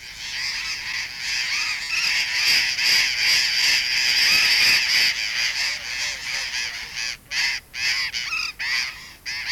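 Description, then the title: Burrowing parrots screeching in a dense, continuous chorus of harsh squawks, breaking into separate loud calls near the end. Bahía Blanca. "Museo de Ciencias de Bahía Blanca. Loro Barranquero"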